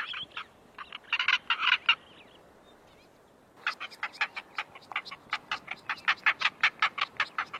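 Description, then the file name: Bustard calls: a burst of harsh, rasping pulses, a pause, then a longer run of the same clipped notes. "Canto da abetarda de asa preta"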